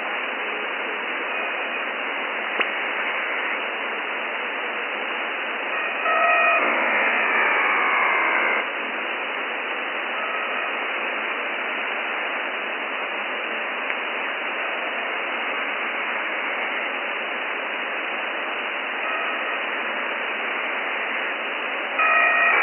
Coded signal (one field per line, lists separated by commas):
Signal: HF data modem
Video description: Recorded this at 1016Z 28 Aug 2013. 8942 is usually an active HFDL frequency for Shannon and I doubt if this is Shannon here in New Zealand! Any ideas?